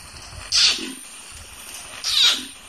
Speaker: And when an orangutan makes a kiss squeak, they follow a very similar pattern and mouth manipulation that we do when we make the consonants.